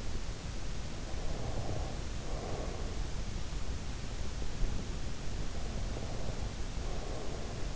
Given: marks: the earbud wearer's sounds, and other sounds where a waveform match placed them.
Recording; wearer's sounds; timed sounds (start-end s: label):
sounds in sleep by an in-ear microphone; breath
1.08-2.92 s: breath
5.54-7.76 s: breath